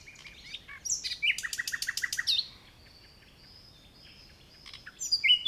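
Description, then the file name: Common nightingale song: whistled phrase leading into a fast rhythmic series of repeated notes, then a long thin high whistle and a closing flourish. "Luscinia megarhynchos"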